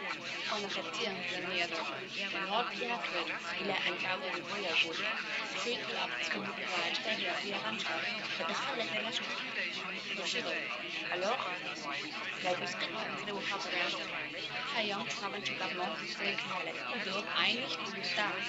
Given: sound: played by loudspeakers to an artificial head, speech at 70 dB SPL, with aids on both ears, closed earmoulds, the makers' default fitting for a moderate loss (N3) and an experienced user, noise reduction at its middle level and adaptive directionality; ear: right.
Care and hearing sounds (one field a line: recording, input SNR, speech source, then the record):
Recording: speech test signal (ISTS) in cocktail-party noise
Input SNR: -6 dB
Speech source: in front (0 degrees)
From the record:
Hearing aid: class 1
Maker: F